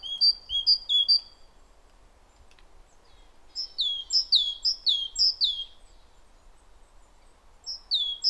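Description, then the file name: Great tit song in short bursts of ringing two-note phrases, a quick string in the middle after a brief opening phrase, then a pause and a final phrase. "Parus major"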